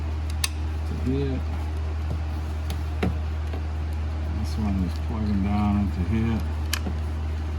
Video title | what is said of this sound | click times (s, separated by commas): How To Remove 2006-2010 Ford Explorer Door Panel | Everything clipped and locked in place. | 6.7 s